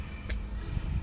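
A pressure washer gun fitting on a Soarfly 680-watt pressure washer is released from its quick coupling by simply letting go of it. A single sharp click at 0.3 s marks the fitting coming apart, over a steady low hum. The coupling is released.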